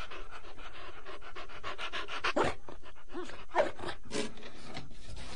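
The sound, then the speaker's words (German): Bessie, a female dog, scratches repeatedly at the closed wooden door of a house in quick, raspy strokes, panting throughout, with a couple of short, high whines breaking through the scraping. “So viel Bessie auch an der Tür kratzt und winselt, sie öffnet sich nicht.”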